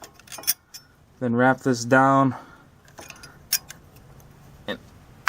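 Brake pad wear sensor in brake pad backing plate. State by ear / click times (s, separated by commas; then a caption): seated / 0.5 s. A plastic brake pad wear sensor for an Audi Q7 has its fat end pushed by finger into the groove of a new brake pad's metal backing plate, and it clicks into place at 0.5 s, where the sensor is seated. Someone talks in between, with light metallic clinks around and a sharp tick at the very end.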